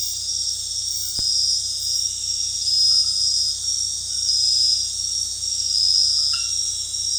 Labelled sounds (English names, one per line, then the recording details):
none
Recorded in dense forest near Puerto Asís, Putumayo, Colombia, on 20 February 2024 at 01:00
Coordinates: 0.485, -76.322
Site G6406